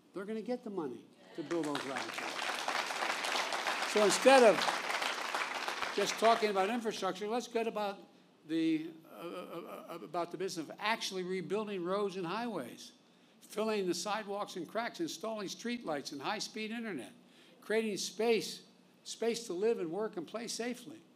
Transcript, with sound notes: going to get the money to build those laboratories. (Applause.) So, instead of just talking about infrastructure, get about the—about the business of actually rebuilding roads and highways, filling the sidewalks and cracks, installing streetlights and high-speed Internet, creating space—space to live and work and play safely.